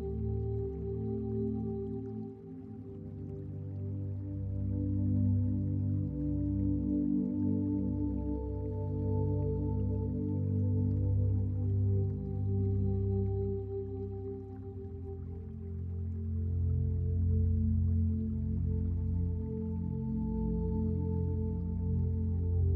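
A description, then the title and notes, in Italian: A gentle stream flows on without a break, its sound a low, deep, even murmur with faint trickling and no sharp splashes. Un naturale rumore bianco. Il tranquillo flusso di un ruscello.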